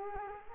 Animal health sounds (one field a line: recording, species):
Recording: mosquito wingbeat signal from an infrared sensor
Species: Culex quinquefasciatus